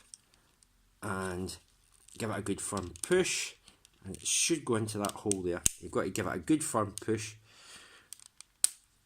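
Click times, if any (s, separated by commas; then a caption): 8.6 s. Someone talks while giving a firm front push to a plastic tab on a Unique Toys R-01 figure so it goes into its hole in the figure body. A few faint ticks lead into a sharp, loud click at 8.6 s as the tab seats.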